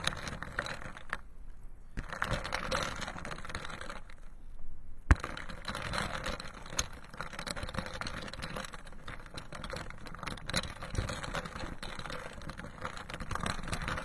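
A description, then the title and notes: Ice and water make a dense, rattling crackle with a low rumble underneath. From about one to five seconds the sound turns duller and muffled, then a sharp knock near five seconds brings back a brighter, busier clatter of ticks and pops that continues steadily to the end. The soulful sensory spa experience of ice and water.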